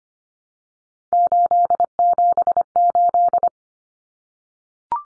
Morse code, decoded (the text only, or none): 878